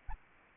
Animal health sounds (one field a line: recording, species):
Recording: mosquito wingbeat signal from an infrared sensor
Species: Anopheles arabiensis